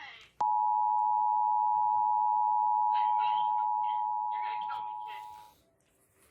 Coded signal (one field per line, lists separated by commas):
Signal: Emergency Alert System (SAME) tones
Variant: 853 and 960 Hz attention tone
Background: speech